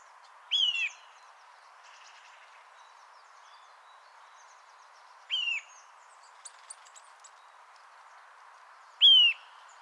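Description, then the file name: Eurasian nuthatch calls: three loud, sharp, slightly descending notes, several seconds apart, with faint chirps between them. "Sitta europaea"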